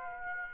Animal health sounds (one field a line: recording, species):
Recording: mosquito wingbeat signal from an infrared sensor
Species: Aedes aegypti